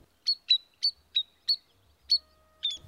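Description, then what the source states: Spotted Sandpiper calls: a series of seven sharp, high whistled notes, each dropping slightly in pitch, spaced about a quarter to over half a second apart; a faint low hum underneath. Spotted sandpipers arriving during shorebird migration, September 2021, at a reservoir southwest of Longmont, Boulder County.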